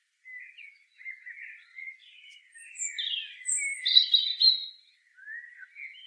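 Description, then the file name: European robin song: a run of soft scratchy warbles building to a louder burst of high, thin whistled notes, then a quieter closing phrase. "Erithacus rubecula"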